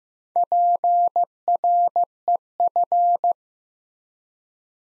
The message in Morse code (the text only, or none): PREF